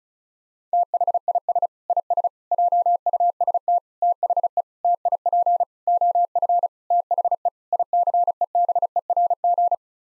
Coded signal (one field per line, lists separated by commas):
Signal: Morse code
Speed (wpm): 36 wpm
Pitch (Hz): 700 Hz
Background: none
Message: THIS IS JUST THE TIP OF THE ICEBERG